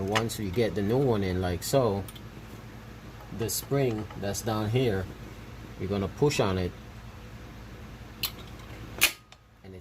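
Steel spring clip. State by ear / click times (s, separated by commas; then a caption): seated / 9.0 s. During clutch work on a 2005 Nissan Frontier pickup, someone talks while fitting the new clutch release fork and pushing on the retaining spring clip on its back. At 9.0 s, the clip snaps sharply over the transmission pivot ball stud, seating the fork.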